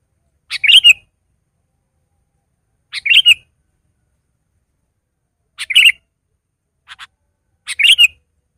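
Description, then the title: Sooty-headed bulbul repeating a bubbly two-part phrase about every two and a half seconds, with faint extra notes between. "kutilang"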